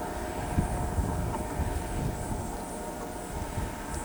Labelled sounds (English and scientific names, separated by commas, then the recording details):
none
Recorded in pastures near Pivijay, Magdalena, Colombia, on 13 April 2023 at 14:30
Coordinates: 10.456, -74.369
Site P6-G026